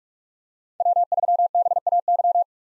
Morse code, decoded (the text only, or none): W3BAY